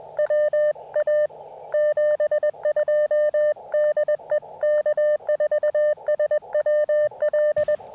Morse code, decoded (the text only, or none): WA 72 DE K4SWL